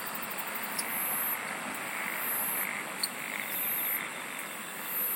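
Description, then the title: Insects trilling: shrill high buzzes repeat regularly against a continuous hissing chorus, with a few faint clicks. "SINGING OF INSECTS"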